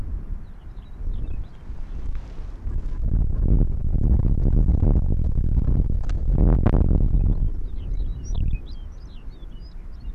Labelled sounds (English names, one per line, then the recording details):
Arctic Fox
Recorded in the wild
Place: Insel Mednyi, Kommandeur-Inseln, RU
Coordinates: 54.5167, 168.083
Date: 1999-07-01 21:00
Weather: heiter, 7°C, starker Westwind
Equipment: Sony WM-D6C, Sennheiser ME 80, K 30 AV, Windkorb, Kopie Tascam DA 30
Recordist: Jakupi, Antje